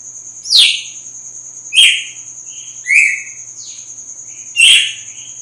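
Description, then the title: Red-cowled cardinal singing four bright whistled phrases, some sliding down, spaced about a second apart, with a continuous high hum. Female; sings strongly at dawn after moult. "Canto Galo Campina Fêmea 02. GALO DE CAMPINA AÇOITA FORTE NA MADRUGADA DEPOIS DA MUDA"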